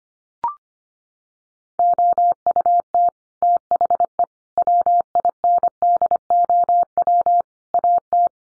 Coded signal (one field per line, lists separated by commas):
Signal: Morse code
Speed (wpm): 25 wpm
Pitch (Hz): 700 Hz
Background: none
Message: OUT THE WINDOW AT